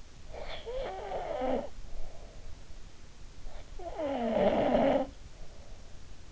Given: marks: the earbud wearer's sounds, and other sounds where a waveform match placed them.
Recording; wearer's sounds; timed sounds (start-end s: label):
sounds in sleep by an in-ear microphone; snoring breath
0.15-2.49 s: snoring breath
3.30-6.10 s: snoring breath